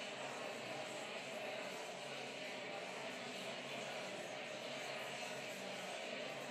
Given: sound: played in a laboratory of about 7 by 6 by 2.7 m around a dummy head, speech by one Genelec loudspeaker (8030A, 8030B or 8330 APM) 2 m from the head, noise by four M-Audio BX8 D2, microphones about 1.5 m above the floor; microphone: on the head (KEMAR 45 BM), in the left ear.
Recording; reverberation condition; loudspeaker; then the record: babble noise; high; four, about 170 cm from the corners of the room and facing them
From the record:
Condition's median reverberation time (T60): about 1300 ms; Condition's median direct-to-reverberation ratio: about -4.0 dB